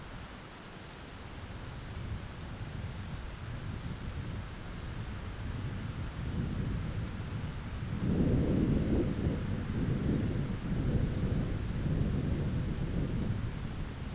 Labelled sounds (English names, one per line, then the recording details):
none
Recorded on Arctic tundra, site ZACK-1, on 9 June 2019
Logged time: 17:49